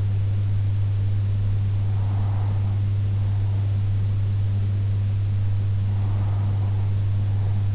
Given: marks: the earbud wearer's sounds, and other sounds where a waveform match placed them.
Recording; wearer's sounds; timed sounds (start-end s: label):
sounds in sleep by an in-ear microphone; breath
0.76-2.76 s: breath
5.76-7.75 s: breath